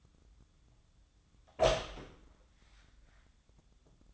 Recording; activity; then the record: daily activity, microphone in the room; open door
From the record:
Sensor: 3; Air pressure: 1004.8 hPa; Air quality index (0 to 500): 76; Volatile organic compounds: 2 ppm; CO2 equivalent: 1144 ppm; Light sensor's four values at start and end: 8/19/8/7 and 8/19/8/7